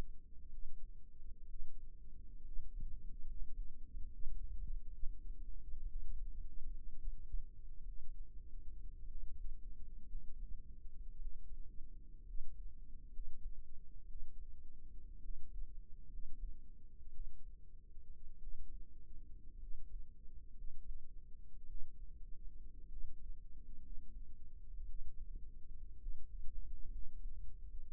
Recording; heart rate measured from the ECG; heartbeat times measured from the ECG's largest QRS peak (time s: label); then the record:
heart sounds by microphone in the right ear; 59 bpm
0.50 s: heartbeat
1.47 s: heartbeat
2.44 s: heartbeat
3.26 s: heartbeat
4.10 s: heartbeat
4.95 s: heartbeat
5.87 s: heartbeat
6.72 s: heartbeat
7.85 s: heartbeat
9.07 s: heartbeat
10.07 s: heartbeat
11.18 s: heartbeat
12.25 s: heartbeat
13.11 s: heartbeat
14.07 s: heartbeat
15.20 s: heartbeat
16.08 s: heartbeat
17.12 s: heartbeat
18.39 s: heartbeat
19.58 s: heartbeat
20.53 s: heartbeat
21.67 s: heartbeat
22.88 s: heartbeat
23.81 s: heartbeat
24.86 s: heartbeat
25.98 s: heartbeat
26.89 s: heartbeat
From the record:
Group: healthy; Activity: rest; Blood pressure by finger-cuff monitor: 93/53 mmHg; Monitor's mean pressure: 68 mmHg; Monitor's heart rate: 62 bpm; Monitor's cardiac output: 5.8 L/min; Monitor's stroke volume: 99 mL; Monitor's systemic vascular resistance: 780 dyn s/cm5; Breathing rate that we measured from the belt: 18 breaths a minute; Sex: male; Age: 22 years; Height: 181 cm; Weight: 79 kg